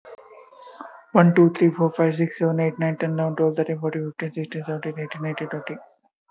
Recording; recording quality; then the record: counting at a fast pace; excellent, no background noise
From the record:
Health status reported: respiratory illness, not identified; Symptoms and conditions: asthma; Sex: male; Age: 21 years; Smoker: not ticked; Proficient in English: yes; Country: India